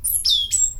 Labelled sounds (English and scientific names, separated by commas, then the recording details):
Stitchbird (Notiomystis cincta) song
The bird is a male
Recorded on Tiritiri Matangi Island, New Zealand, in 2005
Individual 22, of nest box 31